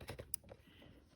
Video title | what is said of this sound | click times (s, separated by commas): Setup A Light Bulb Camera | until you hear it click, and then now it's in. | 0.3 s